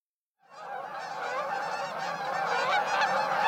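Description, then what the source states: Canada Goose flock honking, many overlapping nasal honks building in a continuous chorus after a silent start. Migrating flock flying high overhead in V formation in early autumn, returning from nesting in Canada and Alaska.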